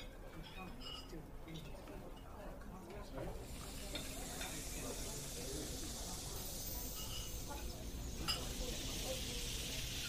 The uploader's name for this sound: Fantasy fairy cafe asmr ambience